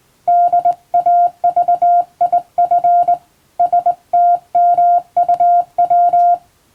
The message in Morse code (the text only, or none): DAVIF STMUW